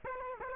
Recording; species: mosquito wingbeat signal from an infrared sensor; Aedes aegypti